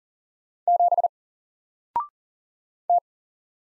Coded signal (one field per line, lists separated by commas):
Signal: Morse code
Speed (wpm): 40 wpm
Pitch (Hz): 700 Hz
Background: none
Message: 7 T